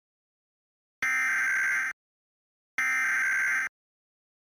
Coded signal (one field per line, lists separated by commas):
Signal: Emergency Alert System (SAME) tones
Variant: header bursts